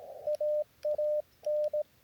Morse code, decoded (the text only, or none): AAN